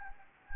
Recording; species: mosquito wingbeat signal from an infrared sensor; Anopheles gambiae